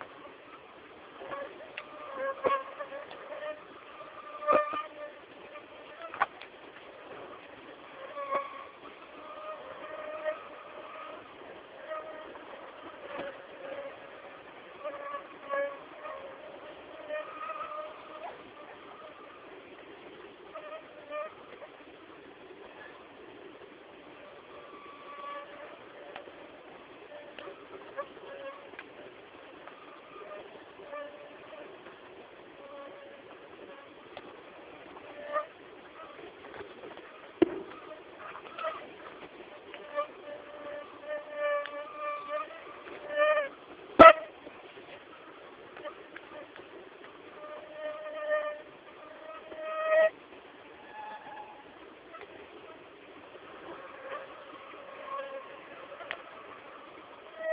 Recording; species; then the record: mosquito flight sound by mobile phone; Aedes albopictus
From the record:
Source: CDC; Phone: Samsung T209